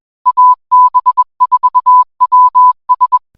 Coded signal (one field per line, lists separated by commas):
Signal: Morse code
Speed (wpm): 21 wpm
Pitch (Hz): 1000 Hz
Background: music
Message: AB4WS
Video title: AB4WS RADIO SHOW Week of December 29, 2023